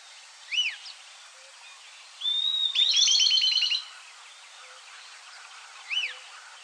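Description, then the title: Southern beardless tyrannulet calls with a short high whistle running into a quick rattling series of notes; sharp arched chirps come before and after. Subspecies Camptostoma obsoletum olivaceum. "LuckyPassaro Completos2Sama. Southern Beardless Tyrannulet (Camptostoma obsoletum olivaceum)"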